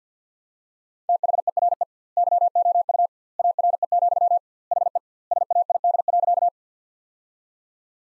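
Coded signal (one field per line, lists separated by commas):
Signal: Morse code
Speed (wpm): 46 wpm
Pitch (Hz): 700 Hz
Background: none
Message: THERE YOU ARE, HE SAID.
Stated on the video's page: Morse practice sentences built from the top 100 words at 50 wpm with double word spacing, a Farnsworth-like method.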